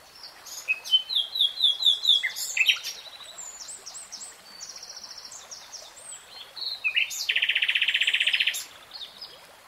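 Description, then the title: Nightingale song: varied quick chirps, slurred notes and short trills, ending in a sustained, even, rapidly pulsed buzzy trill. Nightingale singing, recorded in real time. "[Tiếng chim hót] 3 Hours REALTIME Nightingale Singing"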